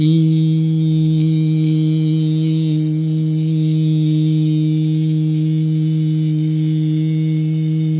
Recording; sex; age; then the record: sustained vowel /i/; male; 30 to 39 years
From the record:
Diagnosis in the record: healthy control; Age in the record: 38 years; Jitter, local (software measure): 0.27%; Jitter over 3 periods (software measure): 0.16%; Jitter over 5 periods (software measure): 0.16%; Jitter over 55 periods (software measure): 0.42%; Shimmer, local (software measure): 1.5%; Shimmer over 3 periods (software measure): 0.8%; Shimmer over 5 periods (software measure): 0.9%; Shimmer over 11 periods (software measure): 1.1%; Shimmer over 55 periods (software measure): 2.3%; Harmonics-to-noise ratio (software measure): 28.0 dB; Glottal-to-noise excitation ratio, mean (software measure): 0.86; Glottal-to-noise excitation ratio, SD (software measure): 0.033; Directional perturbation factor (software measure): 71.7%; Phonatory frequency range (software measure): 0.09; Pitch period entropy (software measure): 0.79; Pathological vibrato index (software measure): 0.30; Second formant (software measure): 3515 Hz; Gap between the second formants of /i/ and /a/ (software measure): 2441 Hz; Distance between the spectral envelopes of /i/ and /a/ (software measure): 8.5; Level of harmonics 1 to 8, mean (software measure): -3.5, -10.5, -27.7, -44.1, -50.5, -61.3, -58.4, -62.9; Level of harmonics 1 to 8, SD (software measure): 1.0, 1.8, 1.8, 3.1, 3.4, 6.3, 5.3, 6.6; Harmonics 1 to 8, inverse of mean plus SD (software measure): 0.224, 0.081, 0.034, 0.021, 0.019, 0.015, 0.016, 0.014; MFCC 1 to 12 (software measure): 0.3, 22.0, -2.1, -4.7, -9.9, -8.8, -8.4, -1.2, -7.7, -2.4, -3.2, -7.7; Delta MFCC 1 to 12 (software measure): 0.004, -0.005, 0.003, -0.004, 0.008, 0.000, 0.008, -0.006, -0.007, 0.000, 0.003, -0.002